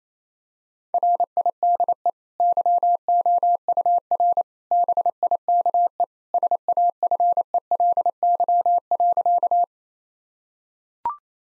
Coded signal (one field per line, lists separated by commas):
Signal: Morse code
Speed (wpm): 28 wpm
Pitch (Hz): 700 Hz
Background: none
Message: RIDE YOUR BIKE SAFELY.